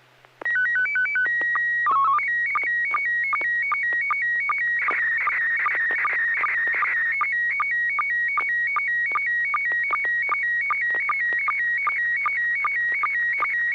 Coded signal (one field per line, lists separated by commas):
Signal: SSTV (slow-scan television)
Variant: PD 50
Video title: N6NA SSTV Net - 09/08/2021